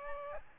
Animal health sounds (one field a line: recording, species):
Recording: mosquito wingbeat signal from an infrared sensor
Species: Aedes aegypti